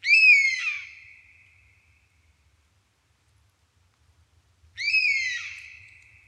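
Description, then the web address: European honey buzzard calling twice, about five seconds apart: each a clear mournful whistle with a brief downward slur, then a drawn-out, fading tail. "European Honey Buzzard. صدای-سارگپه-جنگلی"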